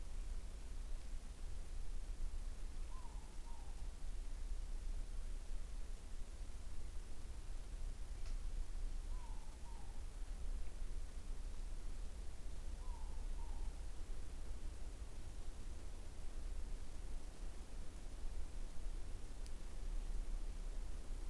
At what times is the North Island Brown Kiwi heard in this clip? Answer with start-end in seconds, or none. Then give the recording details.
none. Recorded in New Zealand on 20 November 2014. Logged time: 21:29. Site CL78